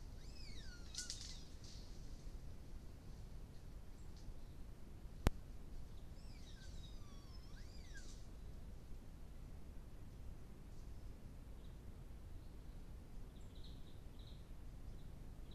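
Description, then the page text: Baird's tapir squealing whistles, a falling sweep early and a wavering series mid-way, with one sharp click and constant low background rumble. Baird's tapir vocalizing during interaction behavior in Talamanca, Costa Rica. "vocalization of the baird’s tapir Tapirus bairdii from Talamanca, Costa Rica"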